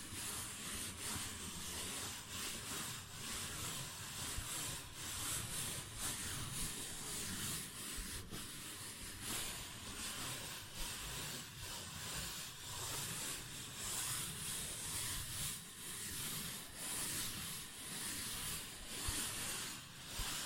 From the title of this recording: Paper Bag Tapping and Scratching Sounds